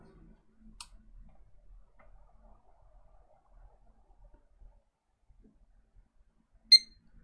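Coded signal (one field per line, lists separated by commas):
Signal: beep code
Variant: PC motherboard POST beep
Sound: quiet room, a click, then one short high beep near the end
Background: quiet room, clicks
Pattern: 1 short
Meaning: A single short POST beep means the self-test passed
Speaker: that's a post okay there we go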